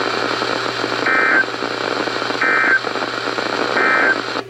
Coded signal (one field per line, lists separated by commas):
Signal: Emergency Alert System (SAME) tones